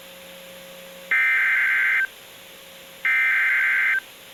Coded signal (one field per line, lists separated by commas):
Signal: Emergency Alert System (SAME) tones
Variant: header bursts